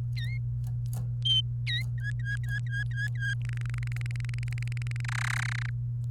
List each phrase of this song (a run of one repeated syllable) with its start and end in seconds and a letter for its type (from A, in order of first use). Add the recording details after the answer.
0.16-0.38 A, 1.67-1.82 A, 1.98-3.34 B, 3.42-5.01 C, 5.04-5.70 D. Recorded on 29 April 2018 at 10:32. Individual llb3